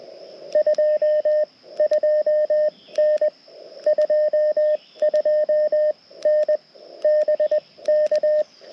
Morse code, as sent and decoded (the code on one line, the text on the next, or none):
..--- ..--- -. / ..--- ..--- -. / -... -.-
22N 22N BK